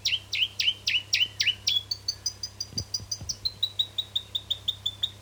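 South Island robin singing fast series of repeated high chirps, each phrase changing pitch, a few low thuds near the middle over a faint hum.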